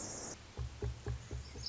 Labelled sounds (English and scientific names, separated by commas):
Pacific Wren (Troglodytes pacificus)